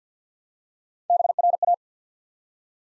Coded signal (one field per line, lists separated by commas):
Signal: Morse code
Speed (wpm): 50 wpm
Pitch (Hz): 700 Hz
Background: none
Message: BRA